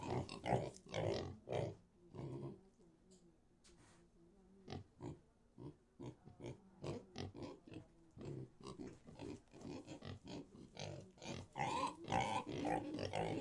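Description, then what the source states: Pigs grunting repeatedly in short bursts, with a lull of a few seconds early on and steady grunting afterwards. In a pig sty.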